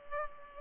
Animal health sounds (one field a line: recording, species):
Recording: mosquito wingbeat signal from an infrared sensor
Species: Culex pipiens